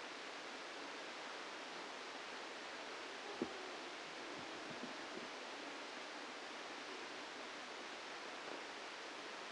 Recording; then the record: brain microelectrode recording played as sound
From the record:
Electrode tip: inside the subthalamic nucleus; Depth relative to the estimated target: 1 mm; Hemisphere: left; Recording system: NeuroSet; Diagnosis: Parkinson's disease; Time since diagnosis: 8 years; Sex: male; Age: 65 years